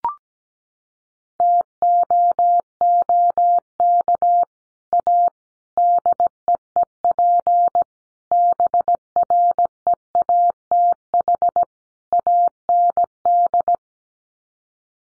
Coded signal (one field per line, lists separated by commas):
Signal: Morse code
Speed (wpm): 17 wpm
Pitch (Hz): 700 Hz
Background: none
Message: TOOK A DEEP BREATH AND